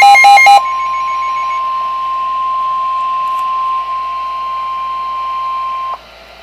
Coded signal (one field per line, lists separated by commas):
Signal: Emergency Alert System (SAME) tones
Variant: 1050 Hz attention tone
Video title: EAS #49 Severe Thunderstorm Warning 7/20/13 3:30PM